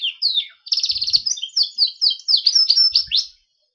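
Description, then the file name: Gloster canary song: a few opening chirps, then a fast rattling roll and a series of quick sweeping notes in steady succession. "canary gloster sings"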